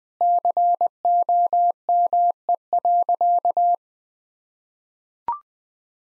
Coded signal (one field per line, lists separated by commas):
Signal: Morse code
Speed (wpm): 21 wpm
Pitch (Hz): 700 Hz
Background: none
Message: COME.